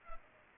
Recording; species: mosquito wingbeat signal from an infrared sensor; Culex pipiens